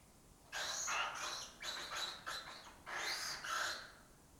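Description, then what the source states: Lesser kestrel harsh rasping calls, several loud broad bursts in quick succession with short gaps. Breeding colony in an abandoned building complex in Doñana, southern Europe; migratory birds that forage in West Africa.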